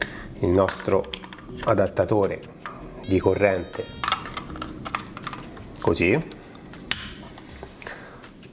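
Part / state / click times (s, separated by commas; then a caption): power adapter plate into the battery slot of an external camera monitor/recorder / seated / 6.9 s. Someone talks while pushing a power adapter, a dummy battery plate, into the battery slot on the back of an Atomos Ninja V external field monitor/recorder; a few light taps and scrapes come first. One sharp click, clearly louder than the rest, at 6.9 s shows the adapter is seated and installed, followed by a few softer handling clicks.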